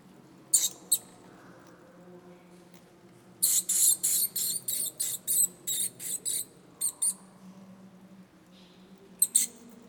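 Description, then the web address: Bats squeaking, a fast rhythmic series of shrill chirps, a pause, then a few more high squeaks over quiet background hum. "Soundscape Bat 1"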